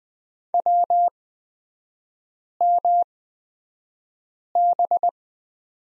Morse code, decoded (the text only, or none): WMB